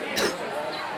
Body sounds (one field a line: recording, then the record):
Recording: coughing mixed with background sound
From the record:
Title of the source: 60 coughing still (deep and wet cough)